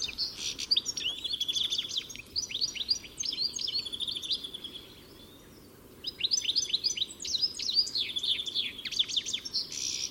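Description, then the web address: Bird twittering in two long bursts of quick high chirps and trills, with a brief quieter gap between them. "cianscape birddata Deverinetal 2025 Bird Only Ca Ca Ca Ca"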